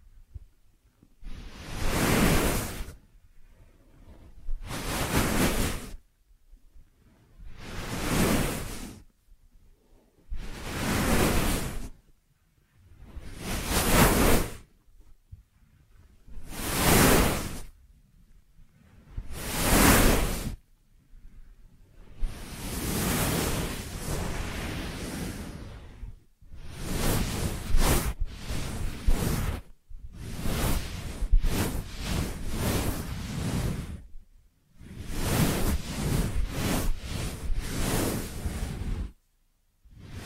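Rhythmic rubbing and swishing sounds for an ear massage. For the first twenty seconds, single soft whooshes come about every three seconds with near-silence between them. After that the strokes grow faster and denser, running together in rustling bursts that break off briefly.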